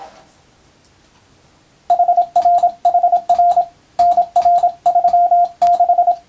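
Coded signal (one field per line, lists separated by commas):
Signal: Morse code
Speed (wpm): 27 wpm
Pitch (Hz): 700 Hz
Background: radio noise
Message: HRHR NR36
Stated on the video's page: Morse practice for the Japanese radiotelegraph operator exam, using a European-language telegram practice book.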